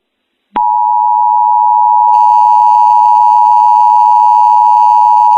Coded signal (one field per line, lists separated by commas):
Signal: Emergency Alert System (SAME) tones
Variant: 853 and 960 Hz attention tone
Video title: EAS Mock: Bluff Point Volcano